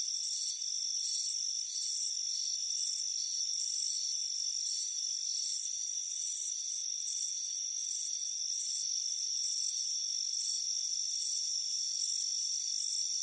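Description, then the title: Crickets chirping in high, pulsed bursts repeated roughly twice a second, over a steady high-pitched insect drone. Warm afternoon on a front porch. "Soothing Crickets Chirping Sound"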